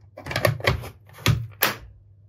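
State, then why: Seated. A Philips AC0850 air purifier's plastic cover is closed over the filter onto the device body by lining up its notches with the notches on the body. Light rattling and handling sounds come first, then two sharp clicks at 1.3 s and 1.6 s as the cover seats shut.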